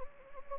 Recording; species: mosquito wingbeat signal from an infrared sensor; Anopheles gambiae